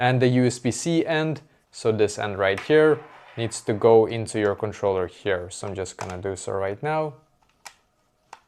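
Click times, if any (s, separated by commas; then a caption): 7.7 s, 8.3 s. Someone talks, then pushes the USB-C end of the extremely long cable that comes with a GameSir G7 SE controller into the controller's charging port. Two sharp clicks follow at 7.7 s and 8.3 s as the plug seats fully in the port, which it needs to do for the connection to work.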